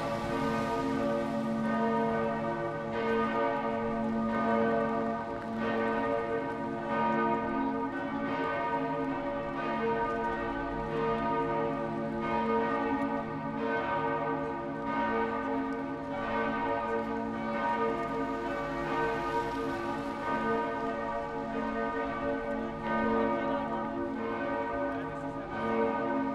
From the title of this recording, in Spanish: Campanas De San Pedro- Hamburgo Alemania